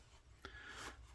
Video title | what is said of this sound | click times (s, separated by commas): TWOSUN TS398 BLACK MICARTA D2 BUTTON LOCK, Another excellent BUDGET button lock, this one can BITE! | Yeah, you can hear it click a little when it comes out. | 0.5 s